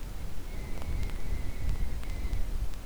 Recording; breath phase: one breath near a microphone; exhalation